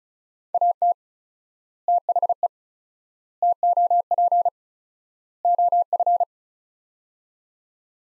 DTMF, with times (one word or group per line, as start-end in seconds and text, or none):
none